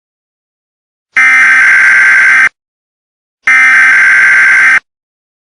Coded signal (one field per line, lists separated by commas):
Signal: Emergency Alert System (SAME) tones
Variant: header bursts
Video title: The Snow Tornado (EAS scenario #2)